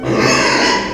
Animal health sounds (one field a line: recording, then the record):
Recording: squeal of a Yucatan mini pig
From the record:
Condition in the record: before surgery on the right vocal fold (resection and tissue-engineered implant)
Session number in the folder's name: 1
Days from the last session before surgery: -3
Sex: male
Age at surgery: 12 weeks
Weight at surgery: 13 kg